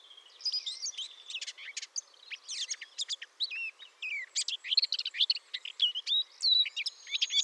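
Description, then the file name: Eurasian blackcap song, a fast, scratchy warble of varied chirps and short whistled notes, jumbled over several seconds. "Sylvia atricapilla"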